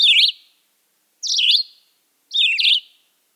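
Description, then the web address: Red-eyed Vireo singing short, slurred, rising and falling whistled phrases, three phrases about a second apart, with quiet gaps between them. "2015-June 2015-06-29 Red-eyed Vireo"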